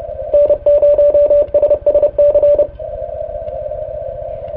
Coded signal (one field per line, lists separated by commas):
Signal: Morse code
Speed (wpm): 33 wpm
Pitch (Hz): 580 Hz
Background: radio noise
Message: N0SSC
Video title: K5D de N0SSC on 30 meter CW